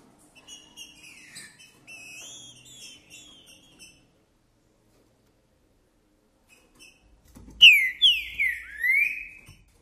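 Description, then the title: Green-winged saltator singing: a warbled run of sliding whistled notes, a pause, then a loud phrase of slurred whistles, mostly descending. Song described as chirping, singing and 'macheando' in a singing contest, used to rouse other birds of the same species. "Seu TRINCA Piando, Cantando E Macheando Na DISPUTA. Trinca Ferro CANTANDO e MACHEANDO!"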